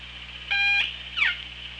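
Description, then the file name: Killer whale calls underwater: a strong harmonic tonal note lasting about a third of a second, then a short falling squeal, over steady hum. OrcaLab hydrophone, 24 August 2017. "Orca Lab 20170824"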